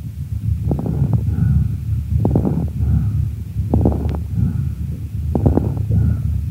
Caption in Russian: Крепитация возникает в альвеолах, стенки которых, в силу определенных причин, оказываются смоченными вязким секретом. На высоте вдоха, когда происходит расправление пораженных альвеол, возникает особый звук, напоминающий нежный треск. Крепитация не изменяется после покашливания. Сейчас, на фоне бронхиального дыхания, вы услышите крепитацию.